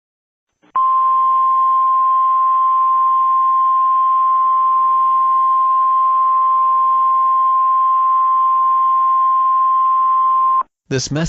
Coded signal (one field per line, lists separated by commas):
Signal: Emergency Alert System (SAME) tones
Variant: 1050 Hz attention tone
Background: speech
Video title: EAS Scenario 24: Korean attack Minneapolis